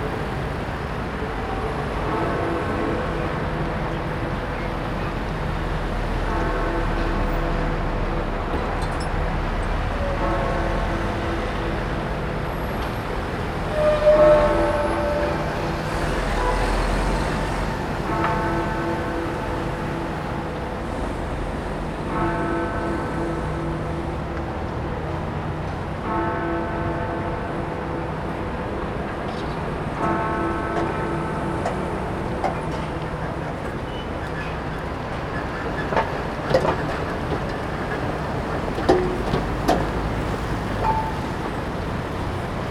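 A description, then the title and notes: Early morning traffic builds on the roads around Parliament, a steady low rumble of passing vehicles. Above it, a repeating tonal chime sounds in short bursts every four seconds or so until about thirty-five seconds, then a few sharp clicks and knocks follow near the end. Captured in Parliament Square, London. Daylight is just breaking and the roads around Parliament are beginning to get busy with traffic.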